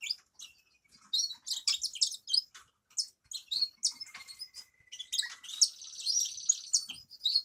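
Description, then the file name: Grass parakeets chirping in short, high bursts, with a thin sliding whistle and a buzzy trill later on. "travyanye popugaiciki"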